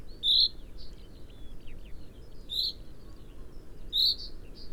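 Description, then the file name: Common chaffinch calls: three loud, clipped high notes spaced a second or two apart, with many fainter chirps behind. "Fringilla coelebs"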